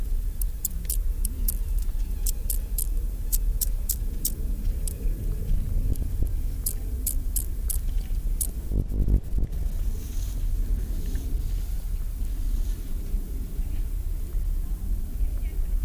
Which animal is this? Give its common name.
Upland Field Grasshopper